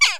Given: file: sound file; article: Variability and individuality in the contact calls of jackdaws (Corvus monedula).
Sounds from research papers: jackdaw call; harmonic

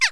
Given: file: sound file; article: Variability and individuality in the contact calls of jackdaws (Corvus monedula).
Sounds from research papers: jackdaw call; harmonic

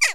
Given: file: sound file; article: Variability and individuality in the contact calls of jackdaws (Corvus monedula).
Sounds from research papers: jackdaw call; harmonic

